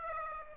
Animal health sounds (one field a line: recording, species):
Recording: mosquito wingbeat signal from an infrared sensor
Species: Aedes aegypti